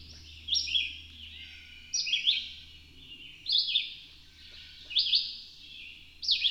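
Bird song in high, sweet warbled bursts that step downward, given about every one and a half seconds against a faint steady low hum.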